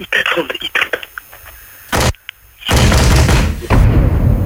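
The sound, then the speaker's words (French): A heavy old door slams with a sharp, booming thud, then a loud, rough rumble lingers to the end. Softer clattering and muffled sounds come before the slam. “Oh, on dirait un vieux château là. C'est une putain de porte.”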